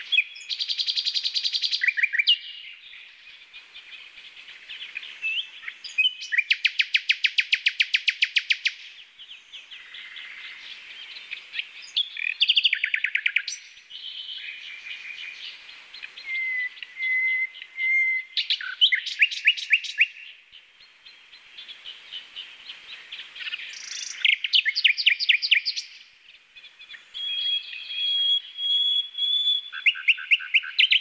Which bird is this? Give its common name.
Common Nightingale